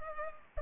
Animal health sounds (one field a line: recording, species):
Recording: mosquito wingbeat signal from an infrared sensor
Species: Culex pipiens